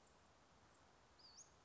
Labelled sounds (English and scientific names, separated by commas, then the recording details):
Western Flycatcher (Empidonax difficilis)
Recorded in Sonoma County, California